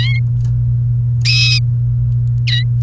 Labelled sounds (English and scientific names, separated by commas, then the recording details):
Domestic Canary (Serinus canaria) song
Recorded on 29 April 2018 at 12:21
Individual llb3